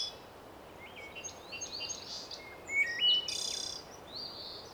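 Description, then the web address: Fainter bird chorus of whistled slides and chirps, with one louder buzzy burst near the middle, set against steady background noise. Birdsong in spring. "son sons de la nature chant des oiseaux au printemps"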